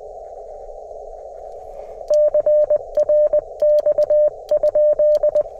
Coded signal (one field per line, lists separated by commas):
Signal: Morse code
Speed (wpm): 20 wpm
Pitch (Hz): 600 Hz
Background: none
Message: CRX?